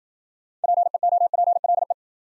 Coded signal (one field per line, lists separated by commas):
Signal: Morse code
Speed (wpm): 53 wpm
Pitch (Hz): 700 Hz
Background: none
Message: PEOPLE